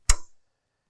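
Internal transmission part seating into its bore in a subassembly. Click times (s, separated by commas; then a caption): 0.1 s. During a 68RFE transmission rebuild, an internal transmission part is pushed down into its bore in a subassembly, helped along with a screwdriver. A single sharp, loud click at 0.1 s shows the part snapping into place, with a brief ring that fades by about 0.4 s. The part is seated.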